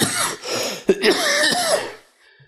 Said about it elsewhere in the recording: So I'm still trying to get rid of this bronchial cough. Definitely on the mend today, so if I sound like Shrek, that's why. The ugly was the bronchial cough.